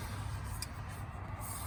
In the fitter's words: new one simply snaps into place.